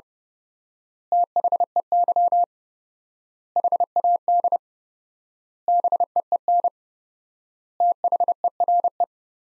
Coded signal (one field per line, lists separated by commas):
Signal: Morse code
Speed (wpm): 32 wpm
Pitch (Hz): 700 Hz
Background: none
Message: THEY HAD BEEN THERE